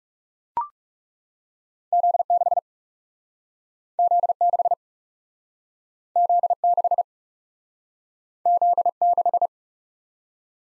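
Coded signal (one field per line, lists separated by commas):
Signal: Morse code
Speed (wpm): 38 wpm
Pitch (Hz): 700 Hz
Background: none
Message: Z6 Z6 Z6 Z6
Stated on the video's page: Morse practice of two letter-number combinations, speed-racing format starting at 30 wpm and slowing to base speed, with a final repeat at maximum speed.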